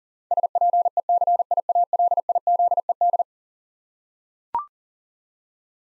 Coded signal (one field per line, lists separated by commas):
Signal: Morse code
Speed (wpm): 40 wpm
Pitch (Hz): 700 Hz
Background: none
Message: SPECIALIZED